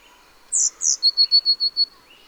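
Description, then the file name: Eurasian blue tit giving a single phrase: two thin high notes and then six quick, evenly spaced lower notes. "Cyanistes caeruleus"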